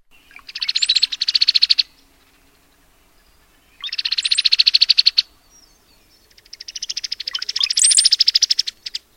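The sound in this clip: Cowbird chatter: three dry, rapid rattling bursts, each over a second long, with faint high whistled notes overlaid and short silences between.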